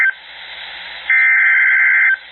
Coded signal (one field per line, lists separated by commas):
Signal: Emergency Alert System (SAME) tones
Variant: header bursts